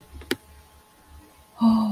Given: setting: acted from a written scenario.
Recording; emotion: vocal sound without words; awe